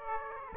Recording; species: mosquito wingbeat signal from an infrared sensor; Aedes aegypti